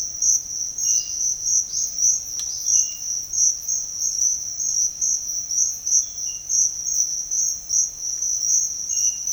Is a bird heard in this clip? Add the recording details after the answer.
yes. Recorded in pastures near Puerto Asís, Putumayo, Colombia, on 21 March 2025 at 06:30. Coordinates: 0.502, -76.324. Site GP07